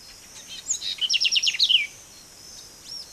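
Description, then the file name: House wren singing one quick chattering phrase of rapid notes that tumbles slightly downward over about a second, against a soft steady hiss. Recorded at Terre Rouge, Mana, on 21 August 2008 at 6:32 in the morning. "2008-08-21-terrerougemana-6 h 32-troglodytefamilier"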